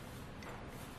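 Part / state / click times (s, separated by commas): hitch pin and spring clip in a pintle hook hitch / not seated / none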